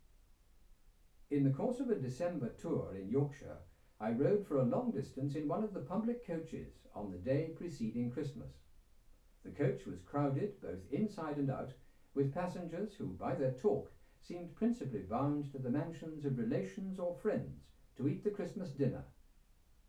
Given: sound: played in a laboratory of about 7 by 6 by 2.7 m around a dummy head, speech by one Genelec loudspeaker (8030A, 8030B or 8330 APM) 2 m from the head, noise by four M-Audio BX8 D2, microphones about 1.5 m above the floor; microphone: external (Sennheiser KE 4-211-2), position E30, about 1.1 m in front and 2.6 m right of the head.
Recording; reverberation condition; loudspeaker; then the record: male speech in English; low; in front (0 degrees)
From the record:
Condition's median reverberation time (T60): about 310 ms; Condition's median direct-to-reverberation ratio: about 3.5 dB